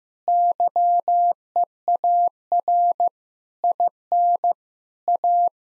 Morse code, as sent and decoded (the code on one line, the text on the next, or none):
-.-- . .- .-. / .. -. / .-
YEAR IN A